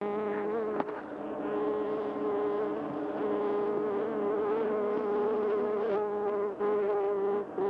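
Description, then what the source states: Bee buzzing, a steady humming drone with rich overtones that wavers slightly in pitch and holds almost continuously throughout. Recorded 28 May 2005.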